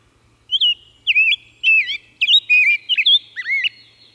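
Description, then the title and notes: Rose-breasted grosbeak song of clear, liquid whistles that swoop up and down in a quick, rambling sequence lasting about three seconds, with little else audible. "Rose-breasted Grosbeak. Macaulay Library at Cornell Lab of Ornithology"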